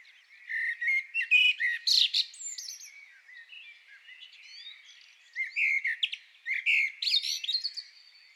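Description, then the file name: Common blackbird song: loud whistled notes and squeaky high flourishes in two main bursts, with soft twittering between them. "Turdus merula"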